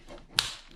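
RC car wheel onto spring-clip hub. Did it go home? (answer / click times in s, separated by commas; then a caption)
yes / 0.4 s. A wheel is pushed onto the hub of a Mugen Seiki MRX4X 1/8 nitro on-road track RC car, where a spring-loaded hook grabs around the outside of the wheel. A sharp click sounds at 0.4 s, followed by a faint tick near 0.7 s. The wheel is seated on its hub.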